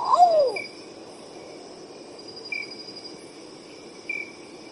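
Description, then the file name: Long-tailed potoo song: a short high note slurring into a mournful, descending whistle, given once at the start, over steady high-pitched insect trilling and brief insect buzzes. "canto do urutau pardo"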